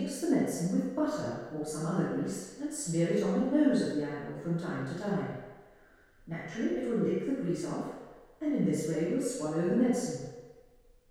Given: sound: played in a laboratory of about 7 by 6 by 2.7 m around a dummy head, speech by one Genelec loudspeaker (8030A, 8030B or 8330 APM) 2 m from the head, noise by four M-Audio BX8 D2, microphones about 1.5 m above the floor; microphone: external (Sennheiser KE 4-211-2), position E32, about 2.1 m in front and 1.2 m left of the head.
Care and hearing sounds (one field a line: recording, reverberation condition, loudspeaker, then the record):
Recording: female speech in English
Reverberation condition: high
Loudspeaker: 90 degrees to the left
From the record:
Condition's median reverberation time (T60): about 1300 ms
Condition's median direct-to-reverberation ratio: about -4.0 dB